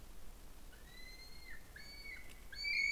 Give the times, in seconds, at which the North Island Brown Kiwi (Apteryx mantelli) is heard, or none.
0.69-2.91